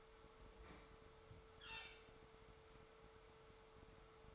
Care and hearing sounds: daily activity, microphone in the room; open fridge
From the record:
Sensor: 3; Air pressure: 1015.0 hPa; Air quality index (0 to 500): 201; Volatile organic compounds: 29 ppm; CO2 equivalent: 2938 ppm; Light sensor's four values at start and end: 37/93/40/43 and 37/93/40/43

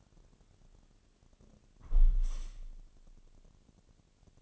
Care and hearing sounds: daily activity, microphone in the room; close window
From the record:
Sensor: 4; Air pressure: 1001.2 hPa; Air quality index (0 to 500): 178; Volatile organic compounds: 2 ppm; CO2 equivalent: 1274 ppm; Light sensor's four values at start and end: 12/28/11/12 and 12/28/11/12

